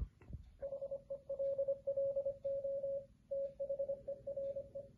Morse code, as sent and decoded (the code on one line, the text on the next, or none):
.... . .-.. .-.. --- / - .... . .-. .
HELLO THERE